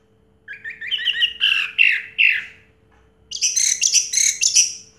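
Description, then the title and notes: Orange-headed thrush singing, a run of lower warbled notes followed after a pause by a higher, dense chattering phrase. Singing in the teler style with a clear voice; part of a complete compilation of anis merah sounds. "Anis Merah Teler Suara Jernih. kumpulan suara anis merah lengkap"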